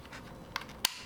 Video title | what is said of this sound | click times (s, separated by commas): GoPro bike setup & Photoshoots w/ Sam Tobing | so it clicks into place and then you mount the gopro | 0.6 s, 0.8 s